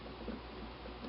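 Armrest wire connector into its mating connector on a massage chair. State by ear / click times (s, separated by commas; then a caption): not seated / none. On an Infinity Iyashi massage chair, the red color-coded wire connector on the armrest is handled and pushed toward its mating red connector. Only soft, steady handling noise is heard, with no distinct click. Nothing has seated or clicked yet.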